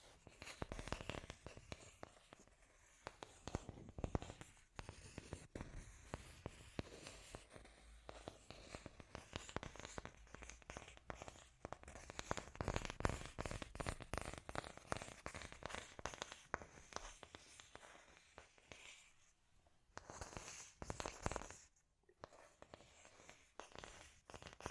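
Scratchy tapping runs almost the whole time as a dense stream of sharp clicks and scrapes, some louder hits standing out. The pace is busy and uneven, with a brief pause near 21 seconds before the scratching resumes. A faint low hum sits underneath.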